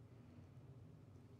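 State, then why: Not seated. A finger presses the black wire's crimped contact into a plastic PowerPole (Anderson) connector housing, pushing it in with pressure. Only a steady low, rumbling background noise is heard, with no sharp sounds. The contact has not seated or clicked yet.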